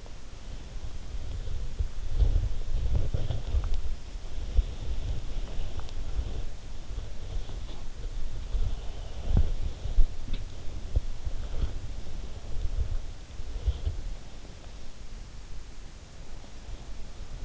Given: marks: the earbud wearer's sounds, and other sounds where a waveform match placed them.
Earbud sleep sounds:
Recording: sounds in sleep by an in-ear microphone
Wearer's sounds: body movement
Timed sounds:
0.00-17.45 s: body movement

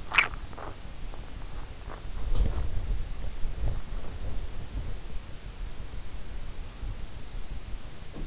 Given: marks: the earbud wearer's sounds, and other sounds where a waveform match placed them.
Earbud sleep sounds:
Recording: sounds in sleep by an in-ear microphone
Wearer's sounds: swallowing, teeth grinding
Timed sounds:
0.04-0.77 s: swallowing
1.84-2.03 s: swallowing
2.29-2.70 s: teeth grinding

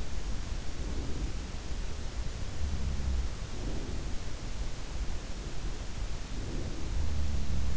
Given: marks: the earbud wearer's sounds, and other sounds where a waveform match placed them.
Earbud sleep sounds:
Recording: sounds in sleep by an in-ear microphone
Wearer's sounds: breath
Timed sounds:
0.52-1.52 s: breath
2.44-4.30 s: sound from someone else or the room
3.37-4.30 s: breath
6.11-7.08 s: breath
6.82-7.77 s: sound from someone else or the room

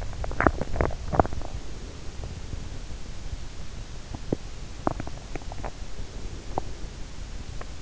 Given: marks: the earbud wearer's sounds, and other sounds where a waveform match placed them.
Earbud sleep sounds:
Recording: sounds in sleep by an in-ear microphone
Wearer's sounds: teeth grinding, breath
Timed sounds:
0.00-1.60 s: teeth grinding
1.60-2.55 s: breath
4.09-6.66 s: teeth grinding

